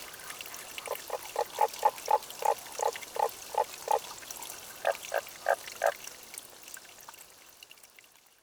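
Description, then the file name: Tago's brown frog giving a run of about a dozen short croaks at roughly three per second, then a pause and a few more. Recorded 30 May 2009 at 23:50. "tagogaeru-20090530-2350"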